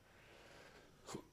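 After about a second of quiet room tone, one short, abrupt burst of sound comes from an adult man. It is a single hiccup: a sudden involuntary catch of breath.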